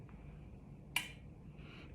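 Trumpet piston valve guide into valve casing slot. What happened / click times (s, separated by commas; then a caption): The valve guide clicked into its slot / 1.0 s. A trumpet's metal piston valve is turned while its valve top cap is slowly tightened until the valve guide drops into the slot in the valve casing. A faint tick comes at 0.1 s, then a sharp, bright metallic click at 1.0 s as the guide seats. The valves are now aligned correctly.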